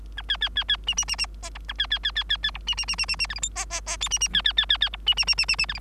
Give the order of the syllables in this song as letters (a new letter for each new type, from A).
A B B B B C C C C D E A B B B B B B E C C C C C C F G H D D D I C C B B B B B E C C C C C C F G